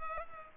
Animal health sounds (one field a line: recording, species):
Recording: mosquito wingbeat signal from an infrared sensor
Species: Culex pipiens